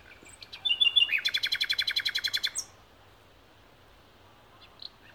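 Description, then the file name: Common nightingale song: a few thin notes, then a fast run of many loud, hard, rattling pulses lasting under two seconds, followed by quiet. "Luscinia megarhynchos"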